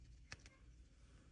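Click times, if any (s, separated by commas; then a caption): none. A plastic hat accessory is fitted onto the head of a second action figure to test the fit, making two brief, light plastic contact taps at about 0.3 s and 0.5 s over faint background noise. The hat does not lock into place and simply sits on the head, just as it did on the first figure, so nothing has seated or clicked yet.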